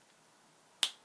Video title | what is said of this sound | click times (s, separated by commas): July 2014 Favourites | all you have to do is put the lid back on and then you twist until you hear the click and then it's sharpened and it's good to go | 0.8 s